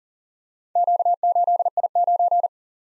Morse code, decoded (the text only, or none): Q8I9